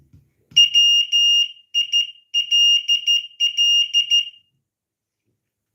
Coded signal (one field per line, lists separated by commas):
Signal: Morse code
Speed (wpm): 13 wpm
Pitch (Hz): 2850 Hz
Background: none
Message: WILL